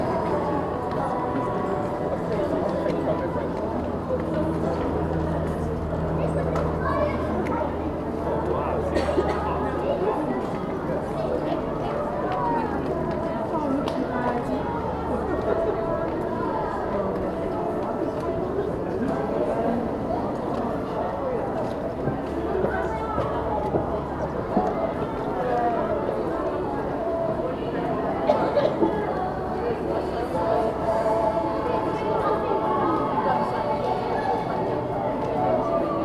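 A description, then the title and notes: A busy up-market shopping street crowded with Christmas shoppers, a steady, dense wash of overlapping voices and chatter. A low engine drone hums beneath for the first ten seconds and again around 22–27 seconds, with occasional footsteps and small knocks. Up-market shopping street. Captured on a street that is home to high-end shops. The street is busy with people shopping for Christmas gifts. It is late afternoon.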